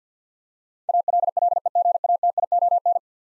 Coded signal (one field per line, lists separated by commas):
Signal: Morse code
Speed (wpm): 50 wpm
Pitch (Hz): 700 Hz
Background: none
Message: ALLEGATION